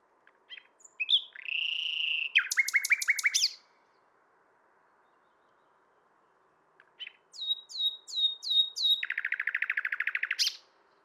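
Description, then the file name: Common nightingale song: two phrases, each opening with soft notes and moving into fast pulsing notes, the second ending in a long rapid rattle; background otherwise quiet. "Luscinia megarhynchos"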